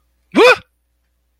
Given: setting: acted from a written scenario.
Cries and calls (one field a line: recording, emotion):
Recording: vocal sound without words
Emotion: negative surprise